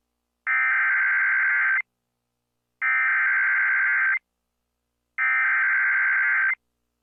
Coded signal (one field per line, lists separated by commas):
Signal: Emergency Alert System (SAME) tones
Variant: header bursts